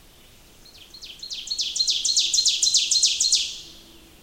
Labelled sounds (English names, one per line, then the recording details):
Ovenbird song
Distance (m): 10 m
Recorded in boreal forest in Alberta, Canada, on 28 May 2016 at 06:12
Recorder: SongMeter 3, array SBT-3-49
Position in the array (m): 77 m, 237 m
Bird 14